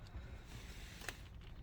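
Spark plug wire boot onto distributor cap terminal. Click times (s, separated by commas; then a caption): 1.1 s. A spark plug wire boot, already in the correct order, is pushed onto a brass terminal of a new distributor cap on a V6 engine over a steady low rumble. A sharp click at 1.1 s marks the boot snapping on and seating, followed by a few faint knocks.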